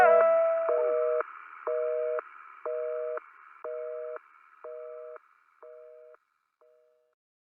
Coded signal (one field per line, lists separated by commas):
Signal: telephone call progress tone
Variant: North America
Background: music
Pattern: busy tone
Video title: Dial Tone - Catch Your Breath - Español